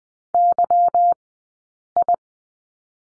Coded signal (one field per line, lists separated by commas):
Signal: Morse code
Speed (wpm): 19 wpm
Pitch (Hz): 700 Hz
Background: none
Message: Y I